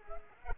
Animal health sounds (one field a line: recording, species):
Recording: mosquito wingbeat signal from an infrared sensor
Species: Culex pipiens